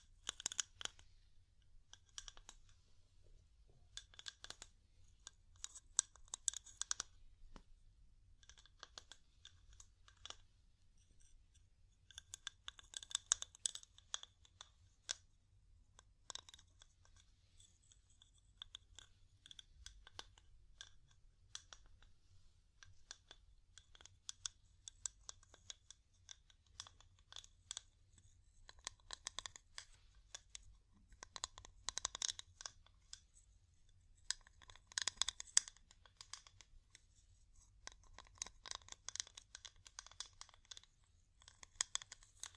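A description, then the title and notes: Wood tapping comes in irregular bursts of quick, light, crisp taps and scratchy clicks, bright and dry, separated by short pauses. Busier clusters arrive around 6, 13, 20, 32 and 35 seconds. A faint, steady low hum runs underneath throughout. ASMR Calming Wood Tapping (No Talking).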